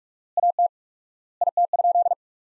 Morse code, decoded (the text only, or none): AT IT?